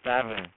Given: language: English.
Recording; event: throat vibration sensor signal played as sound; speech